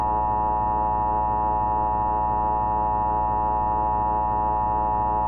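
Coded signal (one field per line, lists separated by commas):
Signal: Emergency Alert System (SAME) tones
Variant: 853 and 960 Hz attention tone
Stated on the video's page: EAS/EBS scenario in analog horror style, simulated, with loud, high-pitched, highly distorted tones.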